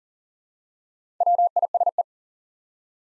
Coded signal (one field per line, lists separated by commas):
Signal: Morse code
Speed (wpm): 38 wpm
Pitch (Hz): 700 Hz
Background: none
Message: WISE